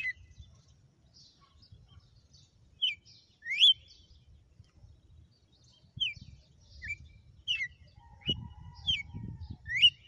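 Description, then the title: Red-cowled cardinal song: clear whistled slurs at irregular intervals, with some low noise near the end. Female; sang one lash (açoite) of song after another today. "Canto Galo Campina Fêmea. Galo de campina,hj foi um açoite atrás do outro"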